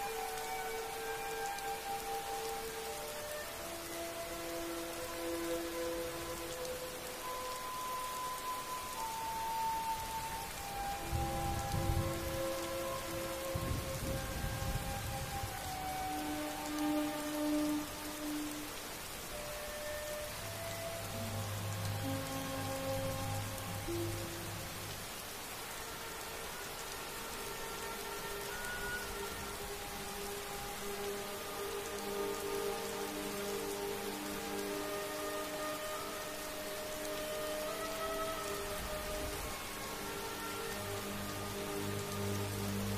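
Rain falls in a steady, even hiss over a rainy night at Hogwarts, while soft held tones drift in and out like a slow melody. Low rumbles swell around eleven to fifteen seconds and again near forty seconds.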